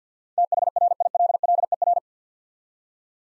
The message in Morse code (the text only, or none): THRILLER